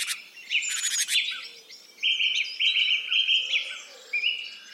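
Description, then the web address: Birds singing: a sharp burst of rattling notes, then a buzzy trilled phrase repeated several times in quick succession, with thin whistles and chirps behind. Forest in the Urals. "cantando na floresta dos urais colecao de cantos de passaros"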